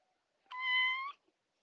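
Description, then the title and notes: Domestic cat giving a single clear meow, steady and slightly rising, with quiet surroundings. One of several domestic cats meowing, in Bahia, Brazil, on 8 June 2017 at 14:33, recorded with an Asus mobile phone. "Gatos ronronando e miando. Som captado por: Elizângela da Silva Guimarães"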